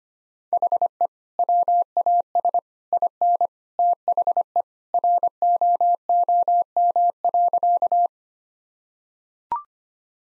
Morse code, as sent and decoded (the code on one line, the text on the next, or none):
.... . / .-- .- ... / .. -. / - .... . / .-. --- --- -- .-.-.-
HE WAS IN THE ROOM.